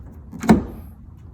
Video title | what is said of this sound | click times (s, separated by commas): My new Model Y problems!! - 2 service center visits in first week! | it locks into place | 0.4 s, 0.5 s